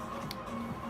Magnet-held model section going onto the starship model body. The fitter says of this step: it should just click right into place like that beauty